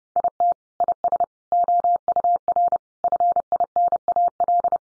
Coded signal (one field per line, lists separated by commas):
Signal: Morse code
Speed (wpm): 30 wpm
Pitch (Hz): 700 Hz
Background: none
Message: IT IS OUR FINAL